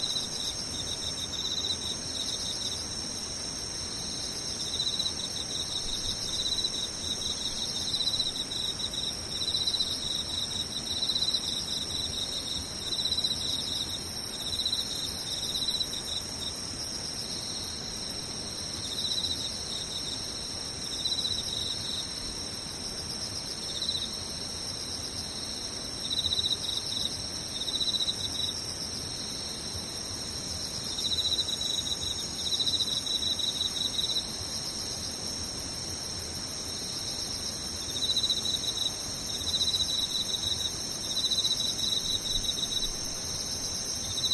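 Insects chirr without pause for the whole clip, several steady high-pitched trills layered together over a faint low rumble, loudness barely changing.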